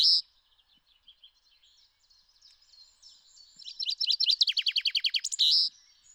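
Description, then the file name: Common chaffinch singing, soft high notes building into a fast descending trill of repeated notes that ends in a brief flourish. "Fringilla coelebs"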